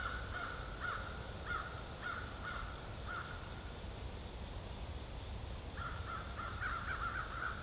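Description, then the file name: Crows cawing in short harsh bursts, about two per second for three seconds, then a second run of caws near the end, over a steady low traffic rumble. Crows calling amid traffic. "Crows and traffic"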